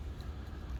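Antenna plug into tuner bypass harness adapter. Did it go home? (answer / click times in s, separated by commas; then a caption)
no / none. The car antenna plug is being handled at the adapter on a Delco Active Audio tuner bypass harness for a 1994 Cadillac Deville, where it is meant to be pushed down until it locks. Only a steady low rumble is heard, with no distinct clicks or sudden sounds. Nothing has seated or clicked yet.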